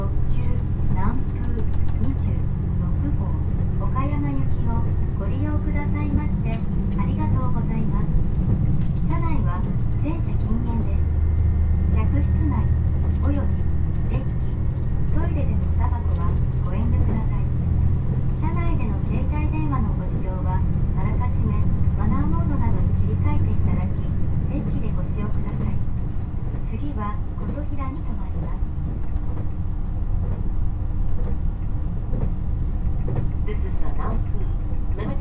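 A ride aboard the Nanpu 26 limited express on the Dosan Line, from Awa-Ikeda to Tadotsu. A steady, heavy low rumble runs unbroken for the whole stretch, while voices talk almost continuously over it. Little treble; the level stays even throughout.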